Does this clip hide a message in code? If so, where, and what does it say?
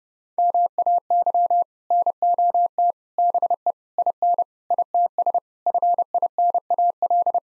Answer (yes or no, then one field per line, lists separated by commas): yes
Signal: Morse code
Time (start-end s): 0.4-7.4 s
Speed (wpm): 28 wpm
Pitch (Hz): 700 Hz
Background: none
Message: MAY NOT BE IN ITS FINAL